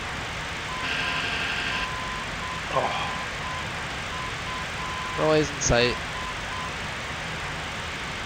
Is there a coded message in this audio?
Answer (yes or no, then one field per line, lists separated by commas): yes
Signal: Morse code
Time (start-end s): 0.7-6.7 s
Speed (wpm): 7 wpm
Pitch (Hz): 1020 Hz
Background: speech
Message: ICUS